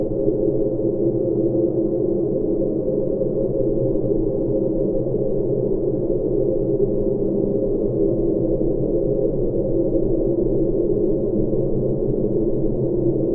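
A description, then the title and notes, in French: Mysterious white noise recorded on Mars: a steady, dense rush confined to low and middle tones, with nothing bright above it. Several faint sustained tones hum within the wash, giving it a droning, hollow quality. It stays unchanged for the whole clip. Planète Mars. Les mystérieux bruits blancs de Mars.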